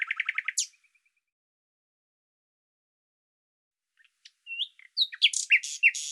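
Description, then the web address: Bird song: a rapid run of about seven buzzy notes, then three seconds of silence, then a varied jumble of thin whistles, slurs and short trills. "Deverinetal 2025"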